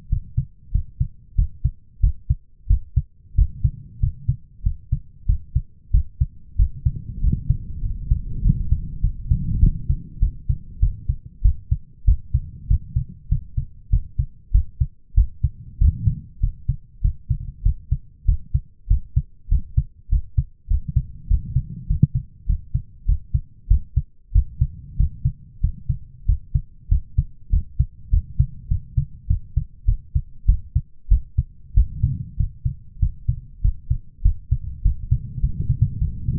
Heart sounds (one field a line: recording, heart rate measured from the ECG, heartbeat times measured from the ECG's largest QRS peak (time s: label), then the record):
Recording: heart sounds by stethoscope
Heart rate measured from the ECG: 97 bpm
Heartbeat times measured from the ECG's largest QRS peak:
0.09 s: heartbeat
0.72 s: heartbeat
1.35 s: heartbeat
2.00 s: heartbeat
2.67 s: heartbeat
3.35 s: heartbeat
4.00 s: heartbeat
4.63 s: heartbeat
5.26 s: heartbeat
5.91 s: heartbeat
6.56 s: heartbeat
7.21 s: heartbeat
7.82 s: heartbeat
8.42 s: heartbeat
9.01 s: heartbeat
9.60 s: heartbeat
10.20 s: heartbeat
10.80 s: heartbeat
11.42 s: heartbeat
12.05 s: heartbeat
12.68 s: heartbeat
13.29 s: heartbeat
13.90 s: heartbeat
14.52 s: heartbeat
15.15 s: heartbeat
15.78 s: heartbeat
16.40 s: heartbeat
17.01 s: heartbeat
17.63 s: heartbeat
18.25 s: heartbeat
18.88 s: heartbeat
19.49 s: heartbeat
20.09 s: heartbeat
20.68 s: heartbeat
21.28 s: heartbeat
21.87 s: heartbeat
22.46 s: heartbeat
23.06 s: heartbeat
23.68 s: heartbeat
24.32 s: heartbeat
24.97 s: heartbeat
25.61 s: heartbeat
26.26 s: heartbeat
26.89 s: heartbeat
27.50 s: heartbeat
28.10 s: heartbeat
28.68 s: heartbeat
29.27 s: heartbeat
29.86 s: heartbeat
30.46 s: heartbeat
31.09 s: heartbeat
31.74 s: heartbeat
32.37 s: heartbeat
33.00 s: heartbeat
33.62 s: heartbeat
34.23 s: heartbeat
34.83 s: heartbeat
35.41 s: heartbeat
35.99 s: heartbeat
From the record:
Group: healthy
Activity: rest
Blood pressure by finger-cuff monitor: 151/105 mmHg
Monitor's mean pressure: 119 mmHg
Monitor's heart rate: 97 bpm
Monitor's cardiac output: 7.8 L/min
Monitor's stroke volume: 81 mL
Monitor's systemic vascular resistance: 1140 dyn s/cm5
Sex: male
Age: 23 years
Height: 179 cm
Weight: 87 kg